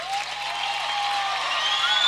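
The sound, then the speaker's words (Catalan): Steady, dense applause from a concert audience for a band that performed with a children's choir, a continuous wash of many hands clapping at an even loudness with no voices standing out. “Aplaudiment a la banda també, aquí.”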